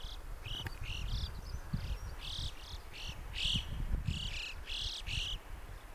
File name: Alpendohle Stimmruf